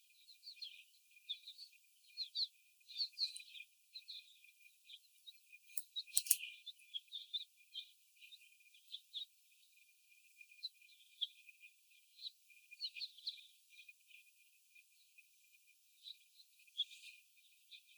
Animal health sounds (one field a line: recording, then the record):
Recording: young laying hens in a cage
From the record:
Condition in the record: before the stressor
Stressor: sudden umbrella opening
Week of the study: 1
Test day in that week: 1